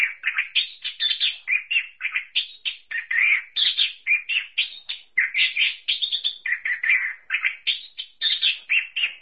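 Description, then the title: Thrush song of rapid, chattering notes repeated in quick, even bursts, a dense warbling stream that keeps going throughout. "burung anis x"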